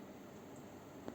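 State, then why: Seated. A base grip on a plastic dry-powder asthma inhaler (a Symbicort type) is twisted to load a dose. Under a steady low hiss, a short, quiet plastic click sounds at 1.1 s, showing that the grip has seated and the dose is loaded.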